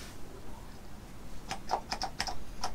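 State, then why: Not seated. A diesel oil filter element for a 2008-2018 Toyota Avensis T27 is fitted into its plastic oil filter housing or cap. A quiet stretch gives way to a series of short, light plastic ticks and taps from about 1.5 to 2.7 seconds, with the sharpest at 1.7 and 2.2 seconds. The element does not click, snap or lock into the housing; nothing has seated yet.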